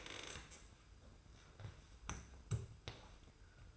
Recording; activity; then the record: daily activity, microphone in the room; stand up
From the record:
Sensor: 2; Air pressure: 990.4 hPa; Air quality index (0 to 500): 183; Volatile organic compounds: 1000 ppm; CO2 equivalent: 5807 ppm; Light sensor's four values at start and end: 23/54/23/23 and 27/61/26/26